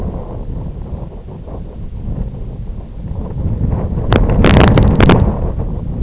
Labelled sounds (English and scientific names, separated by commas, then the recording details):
none
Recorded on Arctic tundra, site IGLO-F, on 19 June 2018
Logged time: 00:00